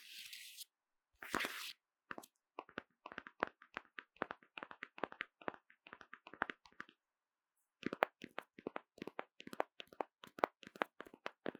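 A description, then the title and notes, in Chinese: Random tapping on objects at hand, crisp, opening with two brief rustling bursts, then irregular quick knocks, a short pause, and denser tapping. 隨機敲敲 | Tapping | NO Talking。手邊的東西，拿到啥就敲啥！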